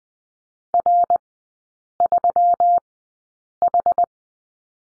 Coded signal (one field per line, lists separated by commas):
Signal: Morse code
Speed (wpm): 20 wpm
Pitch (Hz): 700 Hz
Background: none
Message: R3H